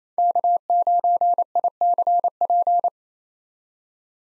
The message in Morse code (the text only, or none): K9ICP